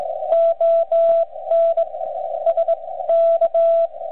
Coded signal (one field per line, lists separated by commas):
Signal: Morse code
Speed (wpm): 22 wpm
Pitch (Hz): 670 Hz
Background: radio noise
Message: ON SK